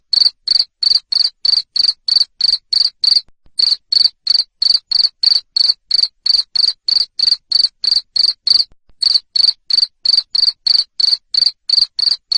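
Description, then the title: Cricket sounding a long run of loud, high chirps, about three a second, with two short pauses. Loud cricket chirping played to stimulate lovebirds to keep singing. "Suara JANGKRIK NGERIK Keras Bikin LOVEBIRD Jadi NGEKEK Terus"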